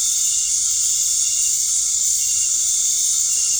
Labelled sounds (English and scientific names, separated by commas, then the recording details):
none
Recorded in dense forest near Puerto Asís, Putumayo, Colombia, on 13 March 2025 at 19:00
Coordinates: 0.485, -76.318
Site G056